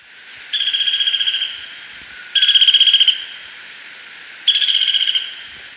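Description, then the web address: Crimson-mantled woodpecker giving three harsh, fast-pulsed rattling trills with short pauses between them. Recorded in Ecuador. "S America Birds of Ecuador. Crimson-Mantled Woodpecker"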